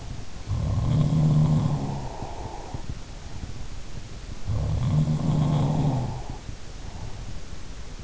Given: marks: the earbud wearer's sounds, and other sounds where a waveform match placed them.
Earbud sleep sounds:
sounds in sleep by an in-ear microphone; breath
0.27-2.98 s: sound from someone else or the room
1.46-2.98 s: breath
4.38-7.38 s: sound from someone else or the room
5.24-7.39 s: breath
7.40-8.04 s: sound from someone else or the room

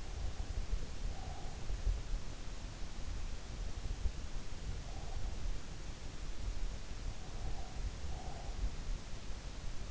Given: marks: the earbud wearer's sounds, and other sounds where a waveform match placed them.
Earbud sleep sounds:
sounds in sleep by an in-ear microphone; breath
0.00-2.00 s: breath
4.00-5.62 s: breath
7.01-8.95 s: breath

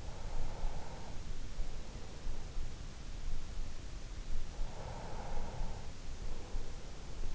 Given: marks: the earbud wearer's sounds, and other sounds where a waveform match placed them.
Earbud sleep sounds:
sounds in sleep by an in-ear microphone; breath
0.00-2.77 s: breath
4.64-7.03 s: breath

